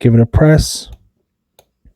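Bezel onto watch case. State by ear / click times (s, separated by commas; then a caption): seated / 1.6 s. A metal watch bezel is centered on the watch case in a hand press and pressed down. Someone talks at first, then after a quiet pause a single sharp click at 1.6 seconds marks the bezel snapping onto the case, followed by a faint low knock near 1.9 seconds. The positive click means the bezel is fully installed.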